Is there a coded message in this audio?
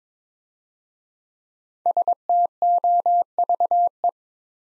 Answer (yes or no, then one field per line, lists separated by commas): yes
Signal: Morse code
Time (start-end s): 1.9-4.1 s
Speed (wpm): 22 wpm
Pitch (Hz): 700 Hz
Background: none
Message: STOVE